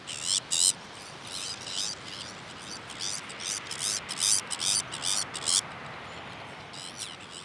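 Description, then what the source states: Sabine's gull uttering harsh, buzzy, tern-like calls in quick repeated bursts, dense for the first three-quarters, then fading to fainter notes. Recorded on Jan Mayen on 14 July 2024.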